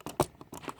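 A plastic building-brick axle is handled at the connector hole of a toy brick gun body, producing a few short plastic taps and clicks, with the sharpest at about 0.2 s. Nothing has seated or snapped into place yet.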